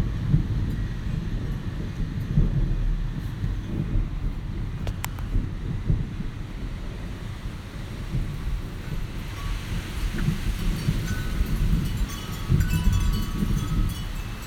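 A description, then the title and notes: A summer thunderstorm rumbles low and continuously, a deep rolling roar with a brief crackle near five seconds and faint chirps later on. Summer thunderstorm - very raw iphone recording, spur of the moment.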